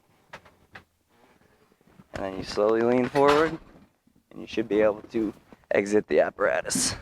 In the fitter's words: lean back a little bit until it clicks back into it's ready position like this and you